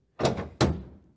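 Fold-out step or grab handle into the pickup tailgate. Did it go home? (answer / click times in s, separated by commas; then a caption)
yes / 0.6 s. A fold-out step or grab handle on a Ford F-150 Lightning pickup tailgate is pushed back into its stowed position. A dull thunk is heard around 0.2 s, followed by a sharper, louder thunk at 0.6 s as the step clicks and locks into place.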